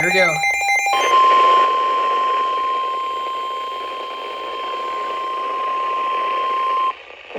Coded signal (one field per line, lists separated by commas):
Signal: Emergency Alert System (SAME) tones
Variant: 1050 Hz attention tone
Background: speech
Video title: [EAS Archive] SVR East TN, EAS 36